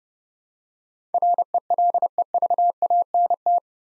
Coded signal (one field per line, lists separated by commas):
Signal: Morse code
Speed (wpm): 30 wpm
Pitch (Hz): 700 Hz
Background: none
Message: RELEVANT